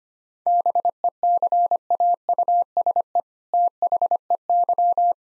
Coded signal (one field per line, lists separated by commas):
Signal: Morse code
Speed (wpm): 25 wpm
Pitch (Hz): 700 Hz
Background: none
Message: BECAUSE THEY